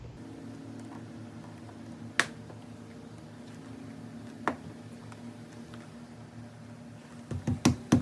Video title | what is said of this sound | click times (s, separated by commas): Honda Insight Rear Roof Moulding Removal - Fix Hatch Water Leak | was hoping to hear two clicks for each side but didn't so I don't know if that's because they both clicked it once | 2.2 s, 4.5 s